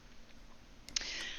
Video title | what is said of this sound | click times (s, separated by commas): Shark RED Battery Light | And there you heard the little click. | 0.9 s, 1.0 s